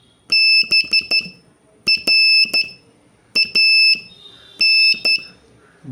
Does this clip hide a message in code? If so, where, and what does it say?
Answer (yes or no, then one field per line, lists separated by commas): yes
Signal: Morse code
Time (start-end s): 0.3-5.2 s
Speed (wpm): 12 wpm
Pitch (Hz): 2650 Hz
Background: none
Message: BRAN